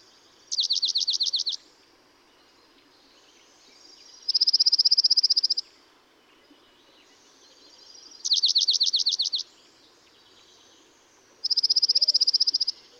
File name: Dark-eyed Junco